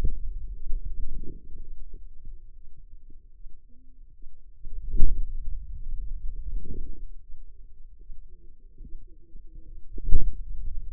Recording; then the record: forearm muscle sounds (acoustic myography)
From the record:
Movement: hand closing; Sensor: system 2, bracelet of six BSWA MPA416 microphones around the upper forearm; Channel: 2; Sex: female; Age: 25 years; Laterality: right